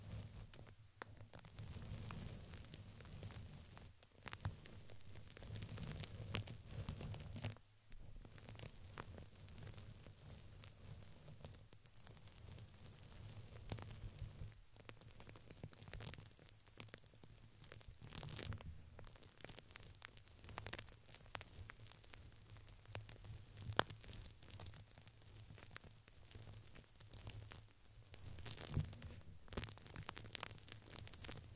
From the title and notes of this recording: Crinkles, Plastic, Brush, Silicone, Glass, Paper.